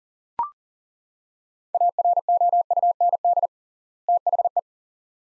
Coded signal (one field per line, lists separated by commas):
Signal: Morse code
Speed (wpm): 40 wpm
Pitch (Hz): 700 Hz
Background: none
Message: AROUND THE